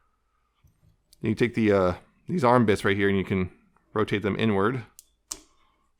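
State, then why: Seated. Someone talks while the plastic arm pieces of a Transformers Studio Series 86 Kup toy robot are rotated inward toward its torso during transformation. A sharp click at 5.3 s marks the arm pieces seating into place.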